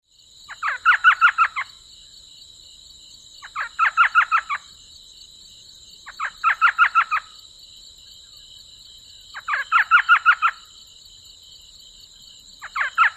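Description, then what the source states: Elf owl chatter given in short bursts of rapid yelping notes, each burst about a second long and repeated every three seconds, with a constant high drone behind. Desert, USA.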